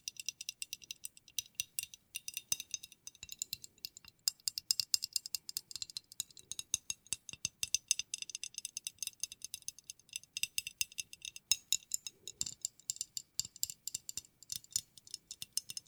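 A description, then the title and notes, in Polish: Fingernails tap rapidly and continuously, producing a dense stream of sharp, bright clicks that never settles into a steady rhythm. The clicks stay high and thin, with little low sound beneath them, and the pace holds roughly the same through the whole stretch. ASMR Tapping Dźwięki uderzania paznokciami.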